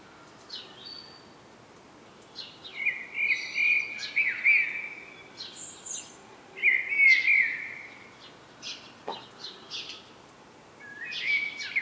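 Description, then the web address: Common blackbird calls: clusters of fluty, warbled notes in several separate bouts, with short high squeaks and quiet gaps between. "SETE Turdus merula"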